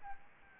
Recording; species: mosquito wingbeat signal from an infrared sensor; Aedes albopictus